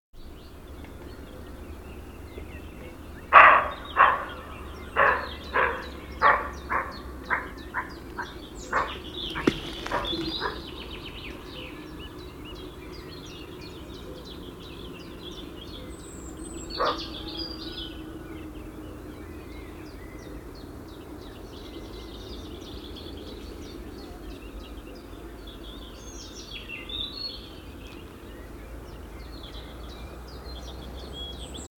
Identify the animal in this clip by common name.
Western Roe Deer